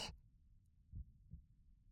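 One soft, low lub-dub heartbeat pair after an opening click: a calm, ordinary adult heartbeat heard with the ear against the chest, in an ASMR roleplay.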